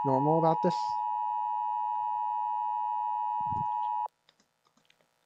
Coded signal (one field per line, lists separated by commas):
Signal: Emergency Alert System (SAME) tones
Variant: 853 and 960 Hz attention tone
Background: speech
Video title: Watching EAS Scenarios, again